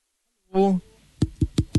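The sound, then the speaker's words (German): A short voiced sound, then four evenly spaced knocks on a microphone, each a loud, boomy thump with a sharp attack, coming in quick steady succession. “Sag mal, bist du wirklich jemand, bei dem man ins Mikrofon klopfen muss, dass er antwortet?”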